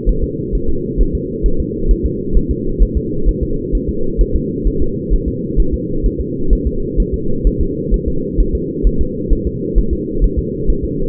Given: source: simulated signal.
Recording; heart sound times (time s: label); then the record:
fetal heart sounds
0.09 s: S1
0.24 s: S2
0.55 s: S1
0.69 s: S2
1.01 s: S1
1.15 s: S2
1.46 s: S1
1.60 s: S2
1.91 s: S1
2.05 s: S2
2.37 s: S1
2.51 s: S2
2.82 s: S1
2.97 s: S2
3.29 s: S1
3.43 s: S2
3.75 s: S1
3.89 s: S2
4.21 s: S1
4.35 s: S2
4.67 s: S1
4.82 s: S2
5.13 s: S1
5.28 s: S2
5.60 s: S1
5.74 s: S2
6.06 s: S1
6.20 s: S2
6.53 s: S1
6.67 s: S2
7.00 s: S1
7.14 s: S2
7.47 s: S1
7.61 s: S2
7.94 s: S1
8.08 s: S2
8.40 s: S1
8.55 s: S2
8.87 s: S1
9.01 s: S2
9.33 s: S1
9.47 s: S2
9.78 s: S1
9.93 s: S2
10.24 s: S1
10.38 s: S2
10.70 s: S1
10.84 s: S2
From the record:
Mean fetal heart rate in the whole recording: 130 bpm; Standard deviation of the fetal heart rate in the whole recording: 2 bpm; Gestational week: 36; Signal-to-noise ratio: -8.1 dB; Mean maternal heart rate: 72 bpm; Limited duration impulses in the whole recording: absent